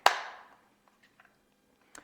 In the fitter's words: okay and then we can go ahead and put the cover back into place with a snap